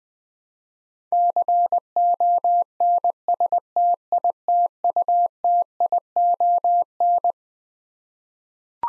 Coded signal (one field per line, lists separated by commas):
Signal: Morse code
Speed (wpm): 20 wpm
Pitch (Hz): 700 Hz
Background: none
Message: CONSTITUTION